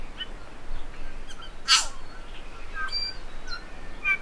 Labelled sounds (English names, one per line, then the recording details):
New Zealand Bellbird song
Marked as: Alarmy(short+up), Stutter(decurved), Cough(short), Alarmy_Pipe(high), Downhook_Flatsqueak(short), Alarmy(trainwhistle+aah)
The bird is a male
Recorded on Cuvier Island, New Zealand, on 5 November 2016
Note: WheezeBuzz